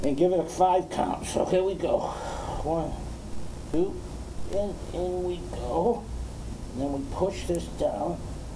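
Someone talks while handling a plastic medication injector pen, counting as the needle goes in and then starting to push the pen's plunger down. The plunger has not clicked or seated yet by the end of the clip.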